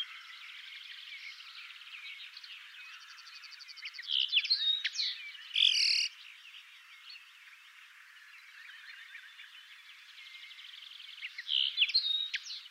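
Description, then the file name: Common linnet giving soft, continuous twittering and trilling, with louder chirpy bursts around the middle and again near the end. "Linotte melodieuse"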